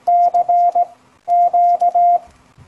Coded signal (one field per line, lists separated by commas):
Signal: Morse code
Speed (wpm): 18 wpm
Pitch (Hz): 700 Hz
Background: none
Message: C Q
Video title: The history and appreciation of Morse. With Victor Mitchell GI4ONL